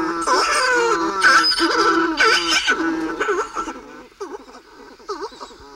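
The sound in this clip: Buller's shearwater calls: loud, harmonic wailing moans that rise and fall, overlapping at first, then fading into softer wavering cries.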